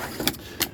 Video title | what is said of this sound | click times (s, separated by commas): 2013 Autotrail Apache 700 Instructional Video | make sure that they're clicked back in into position when driving because obviously if you're cornering | 0.3 s, 0.6 s